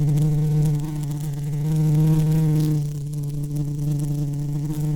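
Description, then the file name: Bee buzzing in a steady low drone with rich overtones, pitch wavering slightly and easing off a little after three seconds, no other sounds. "Bee 01"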